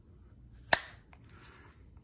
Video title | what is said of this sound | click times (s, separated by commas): Tulster Holster: Sig Sauer P365 & Ruger LCP | I'm gonna put this in and let you guys hear the retention click that's | 0.7 s